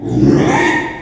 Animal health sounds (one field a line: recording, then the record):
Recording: squeal of a Yucatan mini pig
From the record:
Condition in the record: after surgery on the right vocal fold (resection and tissue-engineered implant)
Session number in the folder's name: 3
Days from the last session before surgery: 33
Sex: male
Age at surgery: 12 weeks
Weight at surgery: 13 kg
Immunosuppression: cyclosporine, prednisolone